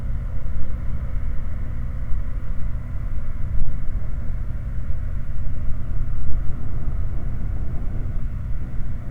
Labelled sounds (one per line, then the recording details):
machinery
flare stack
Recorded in the Prudhoe Bay oil fields, Alaska, on 19 August 2019 at 03:42
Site 29